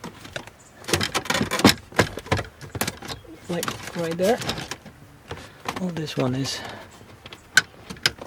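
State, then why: Seated. On a BMW E46, the plastic top hook of the glove box is pushed into its slot in the dashboard during reinstallation while someone talks, with scattered plastic knocks and rattles as it resists lining up. It then goes in with two sharp clicks at 7.6 s and 8.1 s, seating the hook nice and tight.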